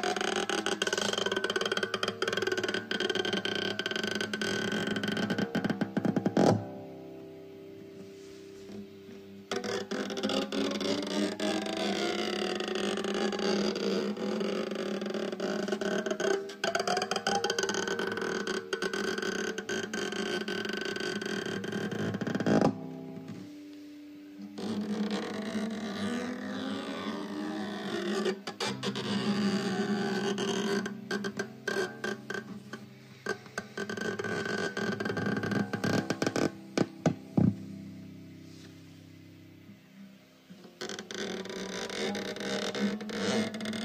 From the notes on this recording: fast tapping and stringing his guitar